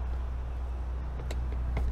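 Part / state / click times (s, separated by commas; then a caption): rear seat cushion latch in a pickup truck cab / released / 1.3 s, 1.8 s. Someone pulls up on the folded rear seat cushion in the cab of a 2019 Chevrolet Colorado Z71 Crew Cab pickup to return it. Over a steady low hum, the cushion latch clicks at 1.3 s and 1.8 s. The latch releases and the cushion falls down.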